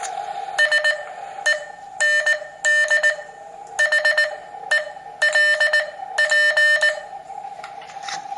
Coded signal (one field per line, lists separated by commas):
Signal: Morse code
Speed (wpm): 19 wpm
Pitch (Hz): 1800 Hz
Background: none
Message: SEND HELP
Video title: W3ATB CW and Morse Code Journey